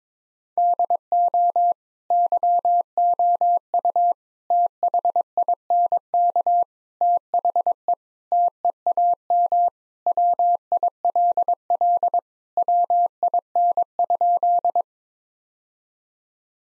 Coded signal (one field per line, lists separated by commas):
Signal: Morse code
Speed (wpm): 22 wpm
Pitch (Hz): 700 Hz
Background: none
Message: DO YOU THINK THE TEAM WILL WIN?